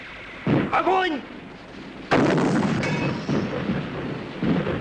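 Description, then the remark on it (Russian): Two heavy artillery cannon blasts boom out as a gun crew fires on command at sight 18, left 012, in a scene from Вечный Зов, the second louder and followed by a long rumbling tail, with a strained voice crying out between them over a low continuous roar. “С каждым выстрелом хватается за голову.”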